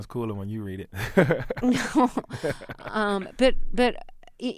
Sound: laughter

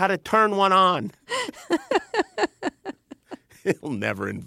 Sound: laughter

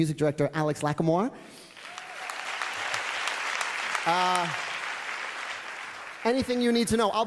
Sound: applause

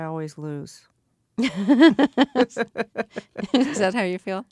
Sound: soundbite of laughter

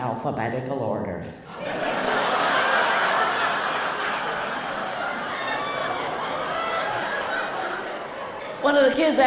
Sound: laughter

